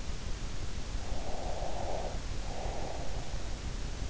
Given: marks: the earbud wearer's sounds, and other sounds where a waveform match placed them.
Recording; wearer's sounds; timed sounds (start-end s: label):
sounds in sleep by an in-ear microphone; breath
1.10-3.43 s: breath